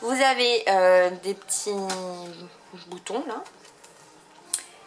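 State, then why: Seated. A plastic part of an Infantino Squeeze baby-food pouch filling station is removed and clipped back onto its little buttons or studs on the holder while someone talks. A sharp plastic snap is heard at 4.5 s as the part seats onto the holder.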